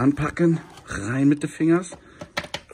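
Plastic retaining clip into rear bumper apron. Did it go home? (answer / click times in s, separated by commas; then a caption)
yes / 2.2 s, 2.4 s, 2.5 s. Someone talks while a plastic push-in retaining clip, a snap-in fastener rather than a threaded one, is pressed firmly into the rear bumper apron of a Smart ForTwo. Three sharp clicks follow at 2.2, 2.4 and 2.5 seconds, and the clip snaps into place, seated.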